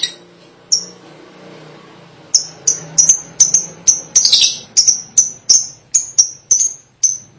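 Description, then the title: Lovebird calls: a steady series of short, sharp high chirps, with one brief harsher burst. "BM Suara Burung Lovebird"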